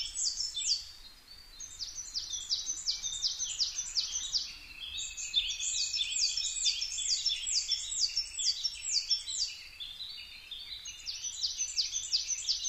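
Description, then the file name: Coal tit delivering bursts of high, bouncy, repeated two-note phrases with short pauses between runs. Recorded 22 May 2010 at 17:33. "higara 20100522 1733"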